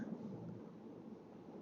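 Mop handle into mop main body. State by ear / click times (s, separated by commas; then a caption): not seated / none. A Hetch steam mop's handle is being pushed onto the mop's plastic main body, with a low, steady rumble of handling noise throughout and no sharp sounds. Nothing has seated or clicked yet; the handle is not yet locked into the main body.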